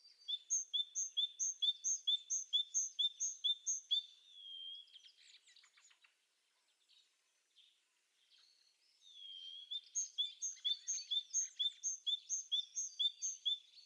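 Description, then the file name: Great tit: a long regular series of sharp, bell-like notes, a softer scratchy passage in the middle, then the same rapid ringing series again. "Parus major"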